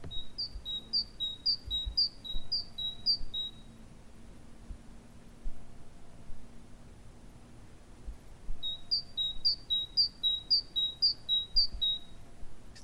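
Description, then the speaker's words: Great Tit singing two bursts of a repetitive two-note phrase, several quick repeats each, separated by a pause of several seconds; faint background hiss. Song, repetitive and hammering, sounding like 'chapim, chapim, chapim'; likened to almost a siren. "o canto do chapim real é exatamente chapim, chapim, chapim, como vamos ouvir."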